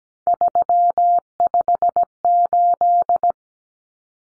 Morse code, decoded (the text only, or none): 358